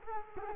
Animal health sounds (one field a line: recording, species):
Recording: mosquito wingbeat signal from an infrared sensor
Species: Culex quinquefasciatus